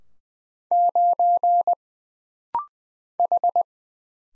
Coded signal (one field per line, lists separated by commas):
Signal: Morse code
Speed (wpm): 20 wpm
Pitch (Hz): 700 Hz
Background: none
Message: 9 H